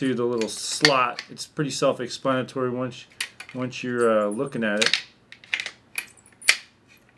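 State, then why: Seated. Someone talks while sliding the top limb of a Miralce X10 bow set, with its flanged metal piece, into the slot of the riser's limb pocket. A few small, sharp handling ticks follow around 5.3–6.0 s, then a crisp click at 6.5 s as the limb latches and seats.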